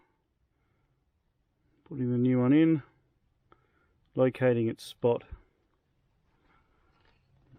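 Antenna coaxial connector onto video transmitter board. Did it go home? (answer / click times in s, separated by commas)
no / none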